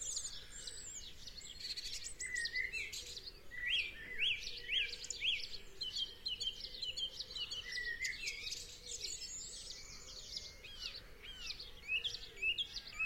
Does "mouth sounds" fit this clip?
no